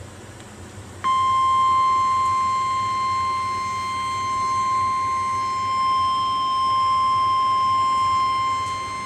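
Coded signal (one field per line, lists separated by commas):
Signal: Emergency Alert System (SAME) tones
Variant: 1050 Hz attention tone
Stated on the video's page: Severe Thunderstorm Warning issued by the National Weather Service office in Topeka, Kansas.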